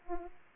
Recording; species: mosquito wingbeat signal from an infrared sensor; Aedes aegypti